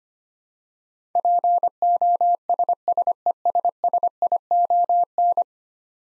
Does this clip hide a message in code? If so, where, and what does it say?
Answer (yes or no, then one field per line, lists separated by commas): yes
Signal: Morse code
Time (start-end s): 1.2-5.4 s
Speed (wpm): 25 wpm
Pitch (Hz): 700 Hz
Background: none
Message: POSSESSION